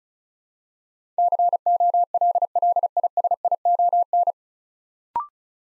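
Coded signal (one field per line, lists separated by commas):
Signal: Morse code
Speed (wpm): 36 wpm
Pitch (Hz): 700 Hz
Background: none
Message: COLLISION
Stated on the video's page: Morse practice building 9-letter words three letters at a time at 35 wpm, for ICR training.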